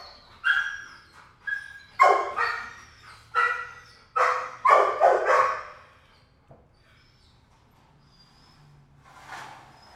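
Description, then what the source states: Dog giving a run of sharp barks in the first six seconds, then near quiet with one faint bark at the end. Dog barking in a kennel, recorded from different perspectives in a roomy, quiet room.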